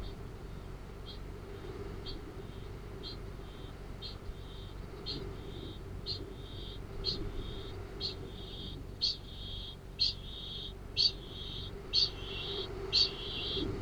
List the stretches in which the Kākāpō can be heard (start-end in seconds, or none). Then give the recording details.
0.00-13.81. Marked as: faintness 4/5, faintness 3/5. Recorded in New Zealand. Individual Arab